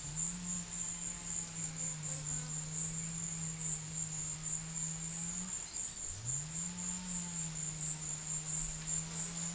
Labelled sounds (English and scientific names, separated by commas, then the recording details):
none
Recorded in pastures near Puerto Asís, Putumayo, Colombia, on 12 March 2025 at 14:30
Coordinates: 0.505, -76.324
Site GP08